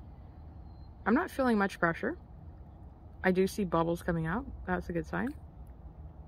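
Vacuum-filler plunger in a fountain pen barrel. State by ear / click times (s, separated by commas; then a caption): not seated / none. A vacuum-filler plunger in the barrel of a Visconti Homo Sapiens fountain pen is pushed down with the nib submerged in water. Someone talks over a low steady hum. No click has come yet, so the chamber has not opened.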